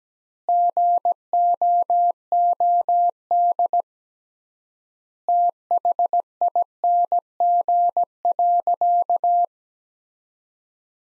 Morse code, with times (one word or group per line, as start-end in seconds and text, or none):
0.5-3.8 GOOD
5.3-9.4 THING.